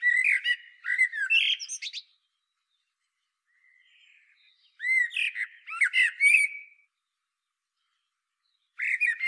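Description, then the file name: Common blackbird singing fluty, warbling phrases with scratchy high flourishes, separated by silent gaps of two to three seconds, with a faint soft note in one gap. "Turdus merula"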